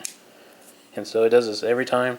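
The top cartridge in a detachable Sccy CPX-2 pistol magazine, which had crept forward, is pushed back so it sits fully to the rear, giving a single sharp click at 0.1 s. The round is seated, and after a short quiet stretch someone talks.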